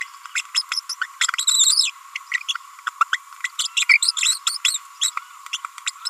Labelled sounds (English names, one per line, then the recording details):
Green-rumped Parrotlet babbling
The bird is a female
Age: 30 days
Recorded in a nest box in Venezuela
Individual 17B42A4